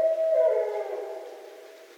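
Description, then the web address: Barred owl hoot, a single drawn-out tonal note already sounding at the start, fading and dropping slightly in pitch over two seconds. Recorded 24 December 2011. "birds Barred Owl 2011 12 24 Barred Owl"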